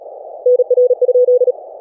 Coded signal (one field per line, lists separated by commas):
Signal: Morse code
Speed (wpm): 37 wpm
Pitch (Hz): 500 Hz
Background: none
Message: NR?